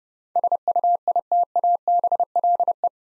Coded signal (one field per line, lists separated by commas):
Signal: Morse code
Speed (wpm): 30 wpm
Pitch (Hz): 700 Hz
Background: none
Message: SUITABLE